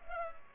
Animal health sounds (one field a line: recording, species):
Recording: mosquito wingbeat signal from an infrared sensor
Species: Culex pipiens